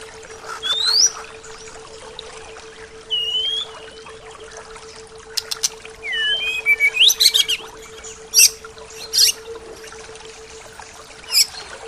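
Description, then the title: Birds singing: short rising and falling whistled notes, then a cluster of sharp chirps and bright tweets near the end, over a steady faint hum. "SuaraBurung Kicau"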